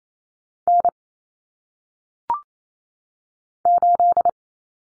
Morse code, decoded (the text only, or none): N 8